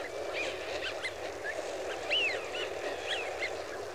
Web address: BBC Sound Effects Library. Wigeon (Anas Penelope) Flock